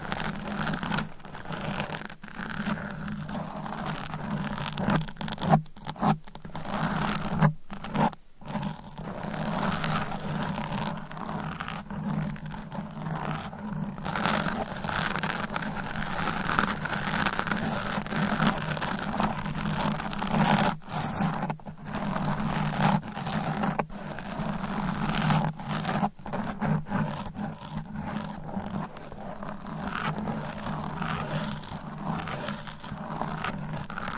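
Nails scratch steadily across a microphone, a dense, raspy scraping with a low rumbling undertone and a brighter scratchy layer above. The strokes run nearly continuously for the whole stretch, broken by brief silent gaps around 6 to 8 seconds and again near 20 and 26 seconds.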